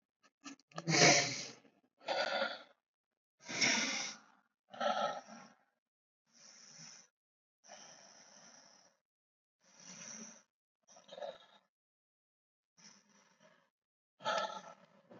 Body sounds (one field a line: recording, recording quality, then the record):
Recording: deep breathing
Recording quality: excellent, no background noise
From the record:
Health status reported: healthy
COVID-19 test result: negative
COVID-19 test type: RT-PCR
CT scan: taken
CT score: 5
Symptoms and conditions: cough, cold, sore throat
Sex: male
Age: 21 years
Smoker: yes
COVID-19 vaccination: both doses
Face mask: not worn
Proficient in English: yes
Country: India